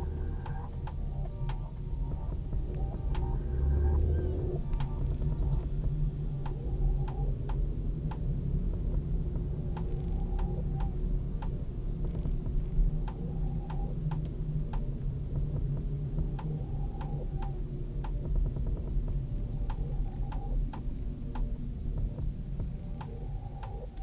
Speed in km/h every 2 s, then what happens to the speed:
22, 24, 37, 39, 43, 45, 43, 40, 37, 33, 29, 18.
0-10 speeds up to 45. 10-24 slows to 18.